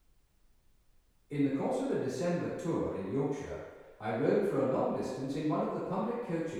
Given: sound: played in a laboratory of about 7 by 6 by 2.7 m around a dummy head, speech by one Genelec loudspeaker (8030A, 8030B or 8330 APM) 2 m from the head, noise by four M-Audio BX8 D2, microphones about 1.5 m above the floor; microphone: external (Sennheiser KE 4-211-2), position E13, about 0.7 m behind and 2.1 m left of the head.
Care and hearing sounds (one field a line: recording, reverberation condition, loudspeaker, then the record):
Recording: male speech in English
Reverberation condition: high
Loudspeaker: 30 degrees to the left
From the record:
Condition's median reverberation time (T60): about 1300 ms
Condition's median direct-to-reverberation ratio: about -4.0 dB